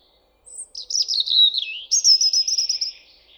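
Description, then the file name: European robin song: a liquid, warbling phrase that starts with a thin high note, then slides through sweet twittering and ends in a rapid trill. "Erithacus rubecula"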